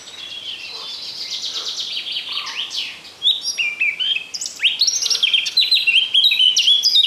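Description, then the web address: Eurasian blackcap song: a quiet, scratchy warble builds into a louder burst of clear, fluty whistled notes in the second half. "Przyroda Ptaki Kapturka"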